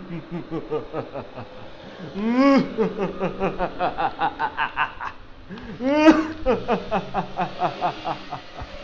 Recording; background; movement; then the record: laughter; traffic; sitting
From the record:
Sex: male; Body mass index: 21.0 kg/m2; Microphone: on the chest, facing outward